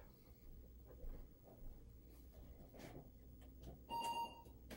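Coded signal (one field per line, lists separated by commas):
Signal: beep code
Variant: Apple IIc speaker beep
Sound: three quick mid-pitched computer beeps run together, amid quiet room clicks and rustle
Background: room noise, clicks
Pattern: 3 short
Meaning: Three beeps mean the network connection was broken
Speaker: so three beeps means that the connection was broken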